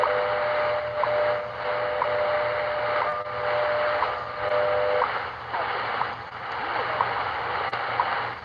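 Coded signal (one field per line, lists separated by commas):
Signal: radio time signal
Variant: WWV and WWVH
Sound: steady low tone with short ticks once per second under heavy hiss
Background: radio static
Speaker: oh we are getting both of them on 15 both Hawaii and Colorado [Applause] coordinated universal time [Applause] WWV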